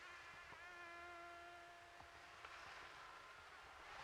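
Mosquito whine, a steady harmonic hum held for about one and a half seconds, then soft hiss and rustling.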